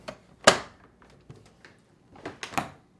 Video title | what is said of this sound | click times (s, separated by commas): How to replace Emitter Circuit Board part # W10870822 on your Whirlpool Refrigerator | install the ice bin align the bin in the opening and set in place it will make an audible click when locked back in place and | 0.5 s